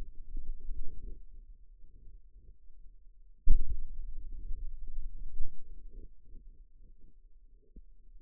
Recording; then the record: forearm muscle sounds (acoustic myography)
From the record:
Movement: pen grasping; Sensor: system 2, bracelet of six BSWA MPA416 microphones around the upper forearm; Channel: 5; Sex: male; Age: 22 years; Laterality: right